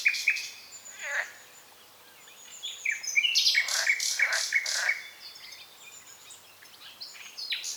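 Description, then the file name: Common nightingale song: loud varied phrases with sharp down-slurred notes and a burst of rapid, harsh repeated notes in the middle, then quieter twittering. "Luscinia megarhynchos"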